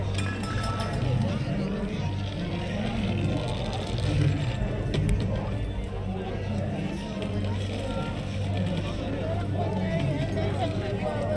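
Crowd sound at the Main Street Electrical Parade, with voices talking over one another throughout. A steady low hum runs underneath, pausing briefly around the middle and at seven seconds before returning. The level stays even, with no sharp standout events.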